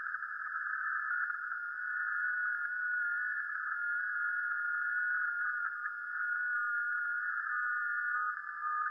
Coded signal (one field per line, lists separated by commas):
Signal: FT8